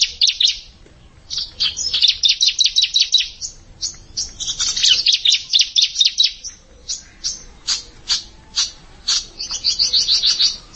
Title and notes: Suara Kicau Burung Prenjak Lengkap dan Ngerol